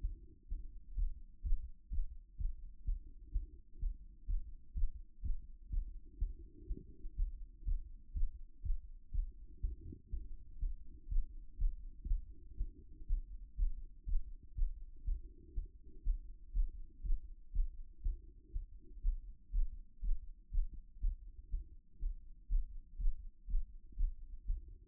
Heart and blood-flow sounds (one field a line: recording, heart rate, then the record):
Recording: heart sounds by stethoscope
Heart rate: 122 bpm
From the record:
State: after exercise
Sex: female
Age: 26 years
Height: 180 cm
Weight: 85 kg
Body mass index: 26.23